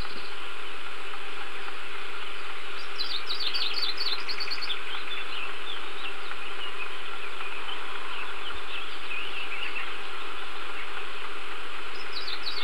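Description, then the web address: Bird calls: quick runs of thin, high chirps in short rattling series, repeated several times against a steady droning hum. "vogels"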